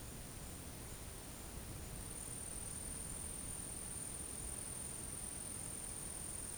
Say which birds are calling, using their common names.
none